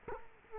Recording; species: mosquito wingbeat signal from an infrared sensor; Culex quinquefasciatus